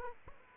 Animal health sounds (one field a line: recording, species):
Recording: mosquito wingbeat signal from an infrared sensor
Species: Aedes aegypti